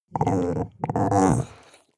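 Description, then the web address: Chihuahua growling in two low, rough, rumbling bursts, the second longer and fading out. Muffled growl. "soundpool geraeusche natur-tiere hunde"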